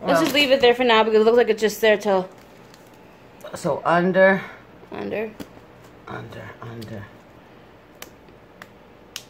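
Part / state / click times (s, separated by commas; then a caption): plastic track segment into the next track segment of a hamster ball loop / seated / 8.0 s, 8.6 s, 9.2 s. A plastic track segment of a Kaytee Hamtrac hamster exercise-ball loop is pushed into the next segment while someone talks. After the talking stops, sharp snaps are heard at 8.0, 8.6 and 9.2 seconds as the interlocking pieces snap together and seat.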